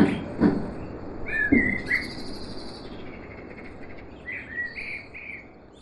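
Blackbird song of two mellow, slurred fluty phrases ending in faint high twitters; a few soft thumps are heard at the start, with steady hiss throughout.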